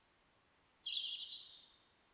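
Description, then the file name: European robin: songbird phrase: one faint high thin note, then a short, bright, fluttering twitter in the upper register, against soft hiss. "Erithacus rubecula"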